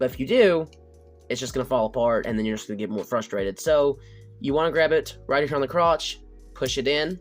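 Someone talks while holding a plastic transforming figure at the crotch and pushing its waist section back into place. No snap is heard; the waist section has not yet seated or clicked by the end of the clip.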